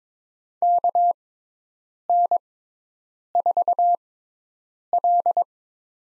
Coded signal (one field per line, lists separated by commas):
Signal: Morse code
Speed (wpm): 22 wpm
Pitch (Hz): 700 Hz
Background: none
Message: KN4L